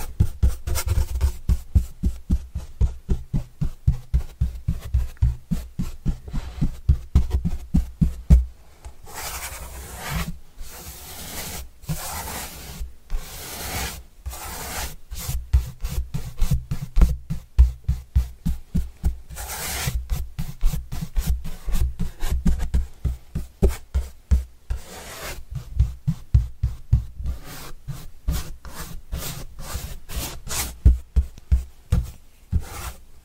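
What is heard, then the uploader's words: Cardboard being brushed in quick, repeated strokes, each a short dry scrape sweeping across a wide range from low thumps to bright hiss. The strokes come densely and fairly regularly throughout, with slightly longer, louder sweeps around ten and twenty seconds. ASMR Cardboard Brushing (No Talking).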